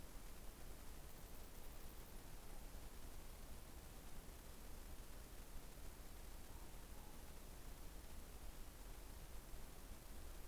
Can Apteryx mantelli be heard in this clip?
no